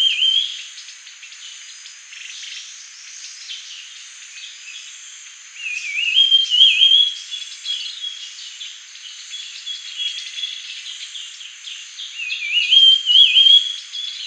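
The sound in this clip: Grey-headed babbler singing short warbled whistles in scattered bursts, each phrase dipping then rising in quick wavy slurs, with soft chips and a constant high hiss between.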